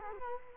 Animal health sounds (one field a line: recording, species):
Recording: mosquito wingbeat signal from an infrared sensor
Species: Culex quinquefasciatus